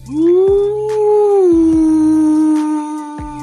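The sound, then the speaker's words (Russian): A woman, face raised to the sky and fingers touching her throat, imitates a wolf with one long, unbroken howl that rises at the start, then holds a steady, slightly falling tone. The voice is fairly loud and alone, with a few faint clicks. “И, заползая за заросли, она подняла лицо к небу и дотронулась пальцами до горла, а потом тихо завыла.”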